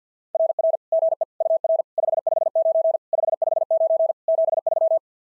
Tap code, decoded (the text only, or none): none